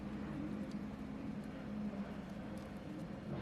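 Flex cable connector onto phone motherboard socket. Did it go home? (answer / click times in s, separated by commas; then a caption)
no / none. During a screen and frame replacement on a Samsung S7 Edge, a flex ribbon cable connector is handled over its socket on the phone's motherboard. Only a steady low hum with broadband noise is heard, with no distinct sharp transients. Nothing has seated or clicked yet.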